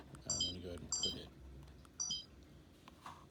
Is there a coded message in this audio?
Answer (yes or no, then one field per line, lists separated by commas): no